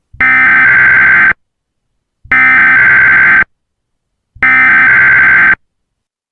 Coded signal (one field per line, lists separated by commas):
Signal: Emergency Alert System (SAME) tones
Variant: header bursts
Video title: EAS Scenario Cartooned to life p2 unfinished